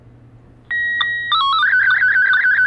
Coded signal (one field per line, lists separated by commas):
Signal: SSTV (slow-scan television)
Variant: Scottie 1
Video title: Best Mid-Priced Ham Radio Handheld? VGC VR-N76 (APRS & SSTV!)